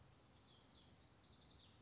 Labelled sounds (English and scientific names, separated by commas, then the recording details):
House Wren (Troglodytes aedon)
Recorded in Sonoma County, California